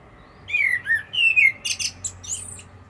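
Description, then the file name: Common blackbird song phrase: two or three smooth, slightly falling whistles, then a rapid sequence of thin, high-pitched twittering notes. "Turdus merula"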